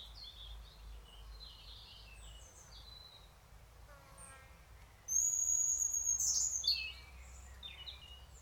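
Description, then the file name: European robin song: a long, piercing thin whistle followed by a few quick notes, with faint twittering before it. "Erithacus rubecula"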